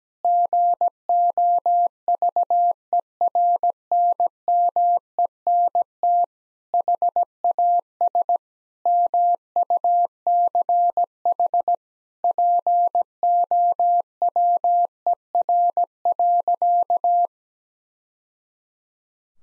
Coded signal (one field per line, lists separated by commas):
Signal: Morse code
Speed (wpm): 17 wpm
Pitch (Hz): 700 Hz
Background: none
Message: GOVERNMENT HAS MUCH POWER.